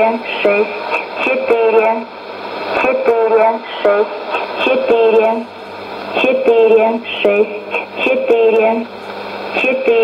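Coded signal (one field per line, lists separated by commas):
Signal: numbers station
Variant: S06s, Russian female voice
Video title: 23 10 2019 S06s Russian Lady numbers station in Russian to Eu 0840 on 9952 unknown tx site USB+AM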